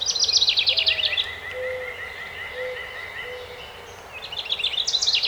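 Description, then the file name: House wren song: quick bubbling, tumbling trills at the start and again near the end, with another bird's steady run of thin notes and a few low whistles between. Recorded 12 May 2018. "2018-05-12 HOWR"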